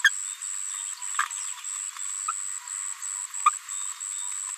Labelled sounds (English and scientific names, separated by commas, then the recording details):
Green-rumped Parrotlet (Forpus passerinus) babbling
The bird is a female
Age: 23 days
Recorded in a nest box in Venezuela
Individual 17B73B2